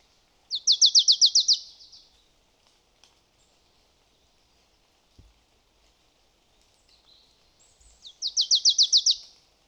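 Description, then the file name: Marsh tit giving two fast rattled trills of about nine sharp notes each, several seconds apart, in a quiet setting. "Poecile palustris"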